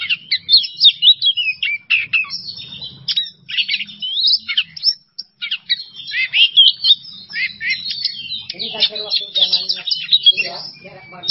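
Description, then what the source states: Oriental magpie-robin song with a dense stream of high whistled notes, quick trills and chips, followed near the end by lower raspy, stacked calls. Masteran training recording for songbirds, kacer singing 'bongkar isian emosi' style: fired-up, showing off its full repertoire of fill-in phrases.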